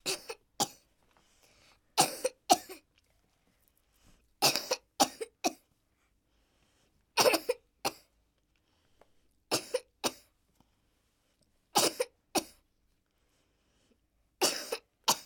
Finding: Boy Cough.